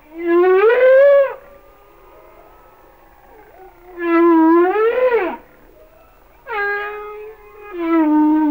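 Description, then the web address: Humpback whale song: long harmonic moans that rise and fall, then flatter level tones, with pauses of a couple of seconds between phrases. "Whale Songs Sounds of Nature - Humpback Whales"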